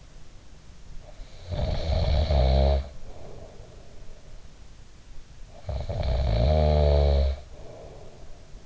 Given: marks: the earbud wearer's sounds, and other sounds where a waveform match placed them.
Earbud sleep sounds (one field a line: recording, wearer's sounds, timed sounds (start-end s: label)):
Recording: sounds in sleep by an in-ear microphone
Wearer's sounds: snoring breath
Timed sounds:
1.06-4.44 s: snoring breath
5.52-8.66 s: snoring breath